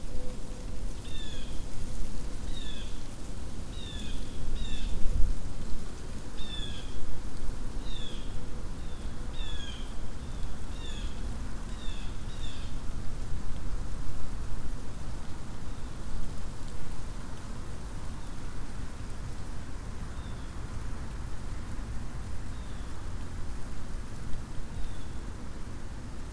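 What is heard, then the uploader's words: Steady wind rushes through a burned oak stand, a dense low roar that holds through the whole recording. In the first half, a bird gives short, bright chirps in quick runs every second or so, then calls only sparsely and faintly afterward. Elkhart Bog Nature Preserve. Windy day in a freshly burned oak stand. Mixed audio mono due to the right microphone peaking due to the wind.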